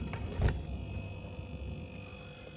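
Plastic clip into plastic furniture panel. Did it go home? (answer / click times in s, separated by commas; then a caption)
no / none. A plastic clip is pushed into a plastic furniture panel, making brief plastic contact sounds around 0.1 s and 0.5 s over a low background rumble. The clip fits but nothing clicks or seats, and it does not hold.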